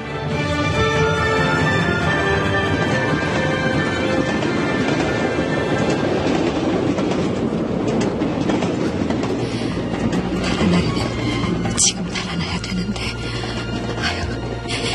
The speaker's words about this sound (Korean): 그래서 저는 기도를 했어요. 하나님, 기차를 보내주세요. 기차로 이 많은 인연을 후송하게 해주세요. 그래서 나갈 수 있는 공간을 만들어주세요 하고 기도를 했는데 정말 한 달 만에 기차가 들어오게 됐어요.